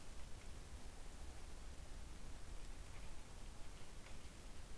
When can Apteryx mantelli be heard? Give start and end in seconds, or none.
none